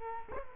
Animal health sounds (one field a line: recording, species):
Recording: mosquito wingbeat signal from an infrared sensor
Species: Culex quinquefasciatus